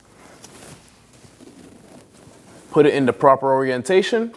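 A parking assist sensor for a 2009-2017 Audi Q5 is lined up with its notch over the outward clip of the bumper sensor holder, in the proper orientation, before being pressed home. Faint handling rustles and light ticks are heard, then someone talks. Nothing has seated or clicked yet.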